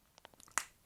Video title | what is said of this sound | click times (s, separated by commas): NECA Krang Android Body Teenage Mutant Ninja Turtles Deluxe Figure Review | click so now there's that | 0.6 s